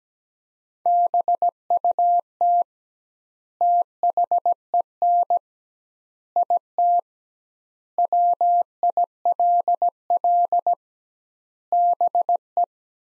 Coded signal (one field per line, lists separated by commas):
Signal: Morse code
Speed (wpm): 17 wpm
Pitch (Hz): 700 Hz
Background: none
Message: BUT THEN IT WILL BE